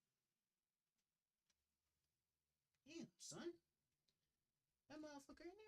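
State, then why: Not seated. A PC component, likely a memory module or similar, is pushed into place on a motherboard during a PC build, with only a few faint ticks in near silence before someone talks. Nothing has seated or clicked yet; the part fails to latch.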